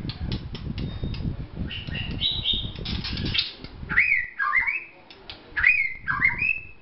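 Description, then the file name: White-rumped shama song: rich looping whistles that swoop down and up, given in a few clear phrases after a noisier start. Vietnam. "shama vietnam omkicau"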